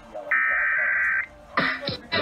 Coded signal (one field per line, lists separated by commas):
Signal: Emergency Alert System (SAME) tones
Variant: header bursts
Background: speech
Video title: KTWV and KRTH Required Weekly Tests (EAS #3257-3260) 2/4/21